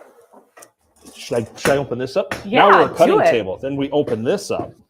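Someone talks while handling the folding cutting table, about to open it and swing the leaf over to its latch, with a few faint handling knocks early on. The clip ends before the leaf latches, so nothing has clicked into place yet.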